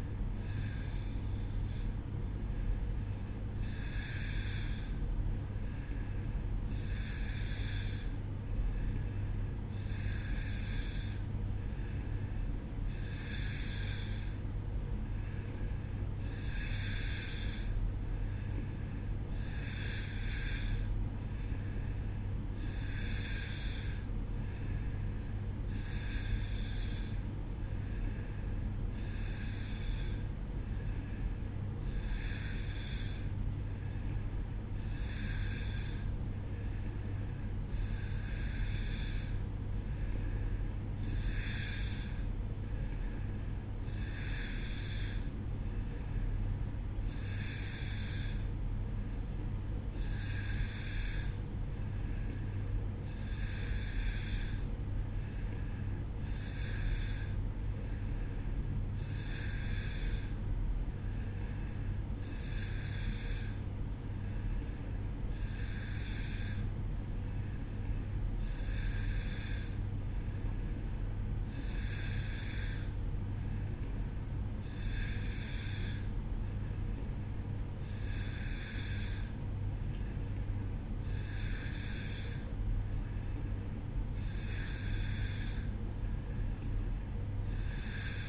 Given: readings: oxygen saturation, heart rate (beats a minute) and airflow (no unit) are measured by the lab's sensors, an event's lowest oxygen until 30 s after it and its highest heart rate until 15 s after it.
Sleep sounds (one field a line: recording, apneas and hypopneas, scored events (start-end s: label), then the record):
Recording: breathing in sleep by a smartphone at the bedside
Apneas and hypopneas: none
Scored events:
none scored
From the record:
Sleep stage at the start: N2 (light sleep)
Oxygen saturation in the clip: 89 to 91%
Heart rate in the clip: 60 to 65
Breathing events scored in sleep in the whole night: 305 in 9.6 hours asleep